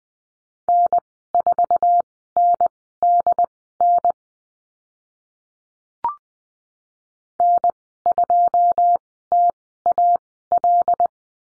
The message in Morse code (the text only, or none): N4NDN N2TAL